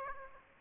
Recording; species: mosquito wingbeat signal from an infrared sensor; Aedes aegypti